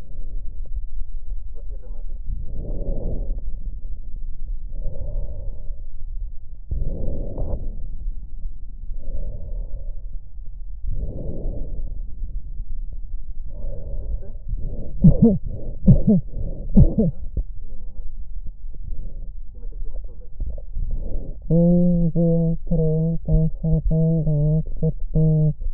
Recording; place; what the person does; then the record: lung sounds by stethoscope; left posterior apical chest; quiet breathing, then cough and speech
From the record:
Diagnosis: interstitial lung disease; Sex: female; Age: 72 years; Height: 158 cm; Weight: 69 kg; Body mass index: 27.6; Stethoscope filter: extended mode